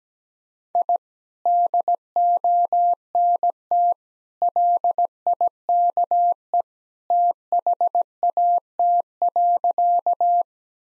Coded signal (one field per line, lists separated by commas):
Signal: Morse code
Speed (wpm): 17 wpm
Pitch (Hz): 700 Hz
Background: none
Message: I DONT LIKE THAT.